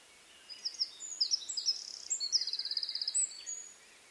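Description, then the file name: Eurasian wren song: a burst of shrill, high-pitched notes followed by a sustained rattling trill, over a quiet background. "Troglodytes troglodytes"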